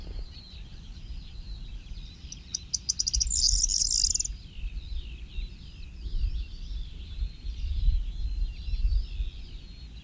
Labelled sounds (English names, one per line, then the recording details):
Corn Bunting song
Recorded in the wild
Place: Buschvitz, Insel Rügen, Mecklenburg-Vorpommern, DE
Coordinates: 54.431, 13.472
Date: 1971-05-29
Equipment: Nagra III BH, Sennheiser MD 21, parabola
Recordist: Schubert, Michael